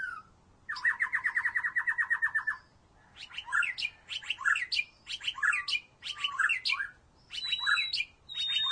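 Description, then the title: White-rumped shama song opening with a fast even rattle, then repeated rich phrases of mixed whistles and clicks about once a second. Mixed birds with white-rumped shama. "Burung Campur. Murai Batu"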